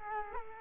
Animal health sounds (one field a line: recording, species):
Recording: mosquito wingbeat signal from an infrared sensor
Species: Culex quinquefasciatus